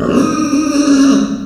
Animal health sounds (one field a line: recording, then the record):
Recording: squeal of a Yucatan mini pig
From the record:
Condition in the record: after surgery on the right vocal fold (resection and tissue-engineered implant)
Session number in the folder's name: 9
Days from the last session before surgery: 65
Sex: female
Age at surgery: 19 weeks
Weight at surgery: 25 kg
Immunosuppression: prednisolone